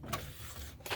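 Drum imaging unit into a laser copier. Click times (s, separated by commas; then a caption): 0.9 s. With the lock lever held down, a replacement drum imaging unit is slid by hand into a Ricoh MP C306/C406/C307/C407 laser copier, giving a low rumbling slide with a brief tap at 0.1 s. A sharp click at 0.9 s marks the imaging unit seating into position.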